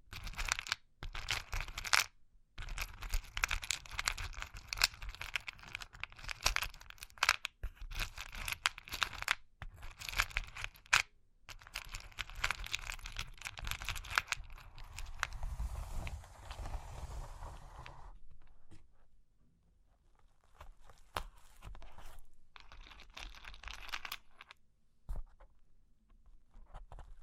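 Scratching and tracing over cork and wood, a dense rough rasping made of rapid bursts with brief silent gaps. It runs busy for the first eighteen seconds, then thins into quieter scattered scrapes and a few soft taps, with short renewed scratching near the end.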